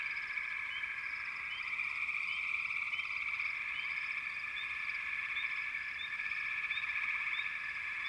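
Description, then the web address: Frog chorus, a dense steady droning trill with short rising chirps repeated throughout over many overlapping callers. "Natures Songs Nature Sounds Sounds of Nature Collection 28 Frog Chourus"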